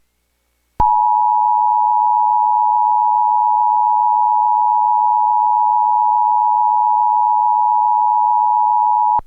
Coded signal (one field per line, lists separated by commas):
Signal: Emergency Alert System (SAME) tones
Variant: 853 and 960 Hz attention tone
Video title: Emergency alert system [HACKED ACCOUNT GEOTUBERS] March 3 2024. #savewahyu1039 #freewahyu1039